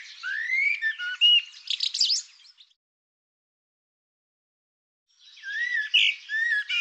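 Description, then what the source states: Bird song with a rising whistle leading into chattering, buzzy notes, followed by a quiet gap and a second varied phrase of whistles. Bird labelled "Tu Me".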